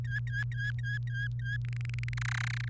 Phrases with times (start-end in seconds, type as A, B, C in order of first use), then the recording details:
0.05-1.57 A, 1.65-2.14 B, 2.17-2.68 C. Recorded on 29 April 2018 at 07:36. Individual llb3